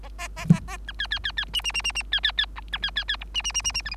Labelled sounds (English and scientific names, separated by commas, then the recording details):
Bengalese Finch (Lonchura striata domestica) song
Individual Bird3